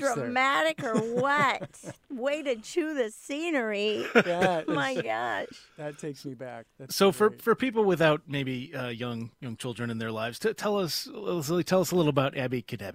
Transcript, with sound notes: Dramatic or what [Laughs] Way to chew the scenery.
[Laughs] Oh my gosh, that takes me back.
So for people without maybe, uh, young children in their lives, tell us a little about Abby Cadabby.